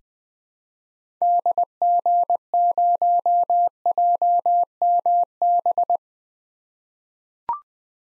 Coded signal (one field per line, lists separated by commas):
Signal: Morse code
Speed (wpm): 20 wpm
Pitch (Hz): 700 Hz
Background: none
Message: DG0JMB